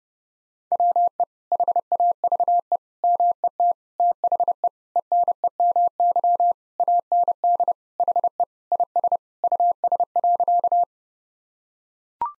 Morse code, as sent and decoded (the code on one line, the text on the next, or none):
.-- . / .... .- ...- . / -- . - / - .... . / . -. . -- -.-- / .- -. -.. / .... . / .. ... / ..- ... .-.-.-
WE HAVE MET THE ENEMY AND HE IS US.